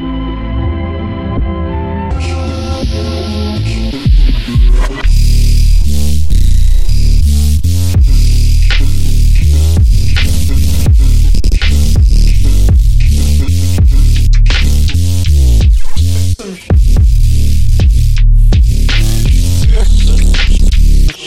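Experimental noise piece that opens with a sustained low, buzzing drone carrying stacked tones. Around two seconds a bright hiss joins, then from five seconds it breaks into dense, rapid stuttering chops and glitchy bursts, loud and constant, with a brief dropout near sixteen seconds.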